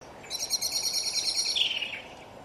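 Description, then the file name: Common blackbird giving a rapid rattling chatter of high repeated notes, ending in a lower note, over steady background hiss. "Turdus merula"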